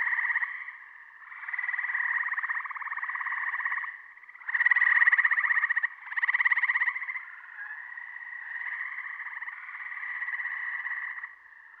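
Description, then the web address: Gray tree frog giving rapid pulsed trills in bursts of a few seconds, trilling almost continuously. Recorded in eastern North America. "Dan Gibson Wildlife Identification By Sound, Eastern North America Pt 1. Gray Tree Frog"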